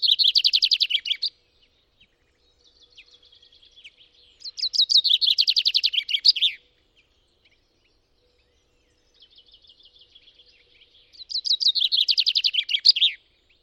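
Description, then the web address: Common chaffinch song repeated three times, each a rapid descending trill with an ending flourish, several seconds apart, with softer twittering notes between phrases. "Deverinetal 2025"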